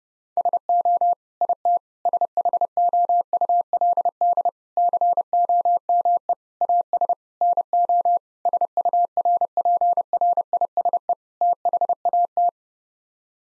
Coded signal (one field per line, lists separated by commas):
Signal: Morse code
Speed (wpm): 32 wpm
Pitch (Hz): 700 Hz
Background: none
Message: SO IT SHOULD COME AS NO SURPRISE THAT